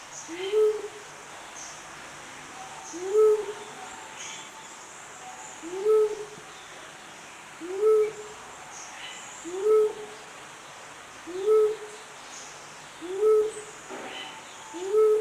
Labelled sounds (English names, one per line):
Mindanao Bleeding-heart call